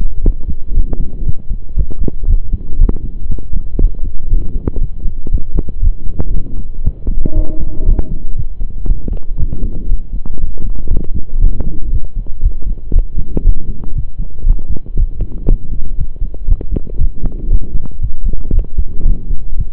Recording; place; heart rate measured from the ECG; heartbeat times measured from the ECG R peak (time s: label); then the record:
heart sounds by stethoscope; between the tricuspid and mitral areas; 118 bpm
0.24 s: heartbeat
0.75 s: heartbeat
1.27 s: heartbeat
1.77 s: heartbeat
2.28 s: heartbeat
2.80 s: heartbeat
3.30 s: heartbeat
3.80 s: heartbeat
4.31 s: heartbeat
4.81 s: heartbeat
5.32 s: heartbeat
5.83 s: heartbeat
6.34 s: heartbeat
6.85 s: heartbeat
7.36 s: heartbeat
7.87 s: heartbeat
8.37 s: heartbeat
8.88 s: heartbeat
9.39 s: heartbeat
9.90 s: heartbeat
10.40 s: heartbeat
10.91 s: heartbeat
11.42 s: heartbeat
11.93 s: heartbeat
12.43 s: heartbeat
12.94 s: heartbeat
13.45 s: heartbeat
13.96 s: heartbeat
14.47 s: heartbeat
14.98 s: heartbeat
15.48 s: heartbeat
15.98 s: heartbeat
16.49 s: heartbeat
16.99 s: heartbeat
17.51 s: heartbeat
18.02 s: heartbeat
18.54 s: heartbeat
19.06 s: heartbeat
19.58 s: heartbeat
From the record:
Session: pedaling a stationary bicycle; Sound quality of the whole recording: saturated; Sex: male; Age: 23 years